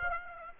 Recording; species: mosquito wingbeat signal from an infrared sensor; Aedes aegypti